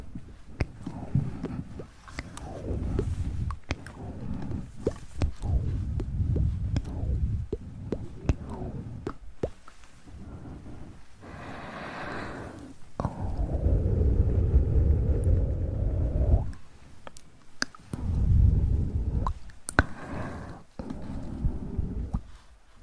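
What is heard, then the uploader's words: Mouth sounds made up of wet clicks and smacks, with many sharp pops scattered through the clip. Soft low, breathy swells rise and fall between them, with a longer, steadier hushed stretch from about 13 to 16 seconds and another near 18 seconds. ASMR Tingly Mouth Sounds.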